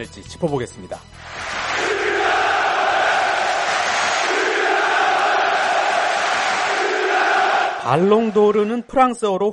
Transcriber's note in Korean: 녹취: 축구장 현장음